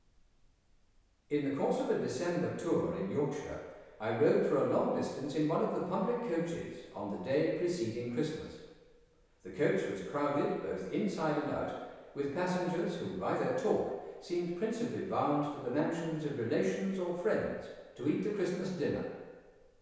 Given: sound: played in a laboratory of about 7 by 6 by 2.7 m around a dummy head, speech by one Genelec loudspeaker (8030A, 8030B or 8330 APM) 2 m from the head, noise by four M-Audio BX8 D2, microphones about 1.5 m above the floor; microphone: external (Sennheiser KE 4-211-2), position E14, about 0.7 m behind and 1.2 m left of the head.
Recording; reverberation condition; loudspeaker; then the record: male speech in English; high; 30 degrees to the left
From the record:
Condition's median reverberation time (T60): about 1300 ms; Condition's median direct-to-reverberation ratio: about -4.0 dB